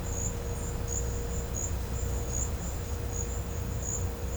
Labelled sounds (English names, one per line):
none